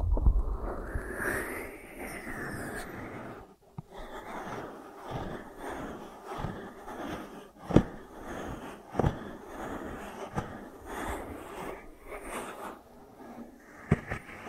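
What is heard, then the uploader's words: Ear-treatment sounds: a dense, crackling rustle of handling, louder and swishier in the first few seconds. After a brief hush near four seconds, softer scratchy textures continue, broken by sharp little taps and clicks every second or two. ASMR 3D Brain Penetrating Ear Treatment.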